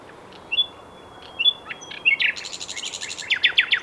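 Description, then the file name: Common nightingale song: soft drawn-out whistles build into a harsh, buzzy rattle and a run of rapid, sliding notes. "Luscinia megarhynchos"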